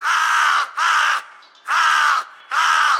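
Crow giving four harsh, hoarse caws in quick succession, each about half a second long with short gaps between, no other sounds noticeable.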